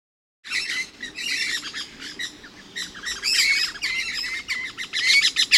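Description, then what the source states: Pyrrhura parakeets giving harsh, grating squawks in overlapping bursts, several birds calling together with short pauses between volleys. Resident flock of about 8 birds moving three-quarters or more up the trees over the station clearing, around 12:20 p.m., partly cloudy and hot (upper 80s, thermometer about 92).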